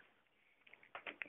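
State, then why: Not seated. The hinged photo-frame door of a wall-mounted hidden handgun cabinet, which shuts with a small mechanical catch instead of a magnet, is handled as it is pushed toward closed. After a quiet stretch, short knocks and taps sound at about 0.9, 1.1 and 1.2 seconds. The clip ends before the door goes home, and nothing has latched or clicked yet.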